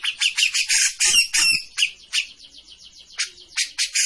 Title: Cucak Jenggot Gacor. Masteran burung cucak jenggot ! Suaka burung